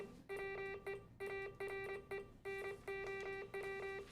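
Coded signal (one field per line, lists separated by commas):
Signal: Morse code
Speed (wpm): 26 wpm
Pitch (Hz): 2350 Hz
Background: music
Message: WE ARE NOW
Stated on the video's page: Morse code in a re-creation of the first wireless transmission over land, a contact between two amateur radio club stations.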